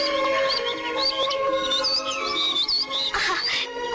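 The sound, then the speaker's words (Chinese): Two small birds chirp and tweet continuously in quick, high, looping notes, with a louder, rougher burst of calls near the end over a faint steady background. “啊，还有两只小鸟在笑我们呢。”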